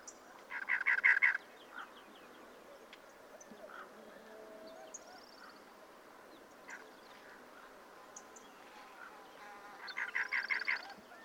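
Cactus wren giving two short bursts of harsh, rapid chugging notes, one near the start and one near the end.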